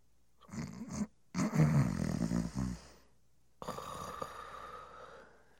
Human snore male nasal and throaty snore.